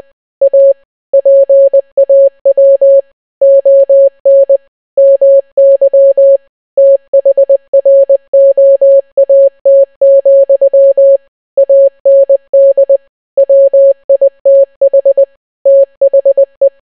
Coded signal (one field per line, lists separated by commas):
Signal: Morse code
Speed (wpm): 20 wpm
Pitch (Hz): 550 Hz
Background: none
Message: A PAW ON MY THROAT, AND WITH THE